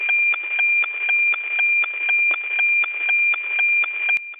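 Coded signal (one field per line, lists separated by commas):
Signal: weather satellite image (APT)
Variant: NOAA-18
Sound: steady high whistling tone with rhythmic tick-tock clicks, about four per second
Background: radio static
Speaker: this signal is taken from Nova 18 weather satellite it is using automatic picture transmission technology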